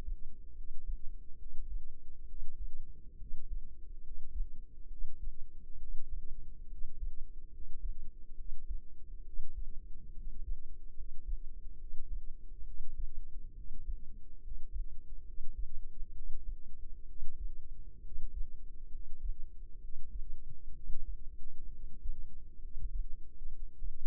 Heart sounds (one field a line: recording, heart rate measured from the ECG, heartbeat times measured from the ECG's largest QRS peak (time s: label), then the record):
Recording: heart sounds by microphone in the left ear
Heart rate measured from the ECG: 68 bpm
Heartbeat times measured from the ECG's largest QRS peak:
0.53 s: heartbeat
1.36 s: heartbeat
2.25 s: heartbeat
3.17 s: heartbeat
4.00 s: heartbeat
4.87 s: heartbeat
5.77 s: heartbeat
6.67 s: heartbeat
7.49 s: heartbeat
8.35 s: heartbeat
9.22 s: heartbeat
10.12 s: heartbeat
10.93 s: heartbeat
11.77 s: heartbeat
12.63 s: heartbeat
13.53 s: heartbeat
14.40 s: heartbeat
15.23 s: heartbeat
16.12 s: heartbeat
17.05 s: heartbeat
18.01 s: heartbeat
18.89 s: heartbeat
19.79 s: heartbeat
20.73 s: heartbeat
21.69 s: heartbeat
22.59 s: heartbeat
23.48 s: heartbeat
From the record:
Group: healthy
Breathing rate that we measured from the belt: 16 breaths a minute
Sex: male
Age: 20 years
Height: 167 cm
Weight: 61 kg